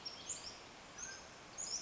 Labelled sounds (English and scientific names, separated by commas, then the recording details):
Mountain Quail (Oreortyx pictus)
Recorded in Sonoma County, California